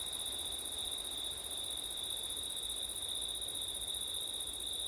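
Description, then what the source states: Crickets produce a continuous, shimmering high trill in two layered pitches, unchanging and without gaps. Crickets at night in September, with wind, ORTF stereo recording.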